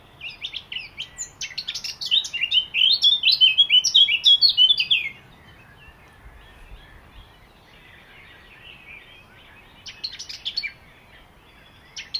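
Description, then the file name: Eurasian blackcap song: a fast, scratchy warble building into louder, clear fluty phrases for about five seconds, then quiet, with short chattering notes returning near the end. "Sylvia atricapilla"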